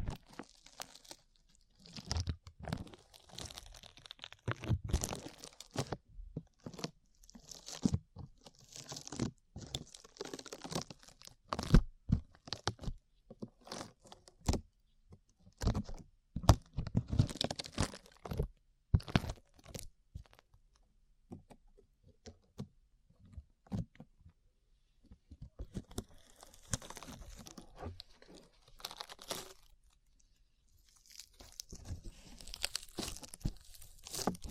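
Slime being worked with dense crunchy crackles and squelches for twenty seconds, a brief lull, then brighter fizzy crackling through the end.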